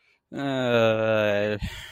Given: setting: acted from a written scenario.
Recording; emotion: vocal sound without words; guilt